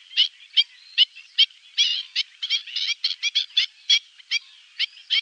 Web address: Faglar Sound Styltlopare